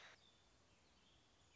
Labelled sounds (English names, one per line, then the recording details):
American Robin
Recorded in Sonoma County, California